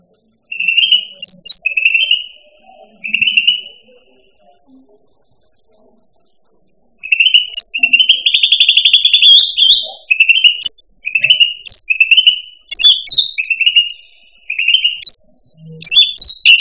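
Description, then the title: Bird singing repeated buzzy trilled phrases, opening with a few short bursts, then after a pause a long, dense run of rapid chirps and high sharp notes. "SuaraBurung Kicau9"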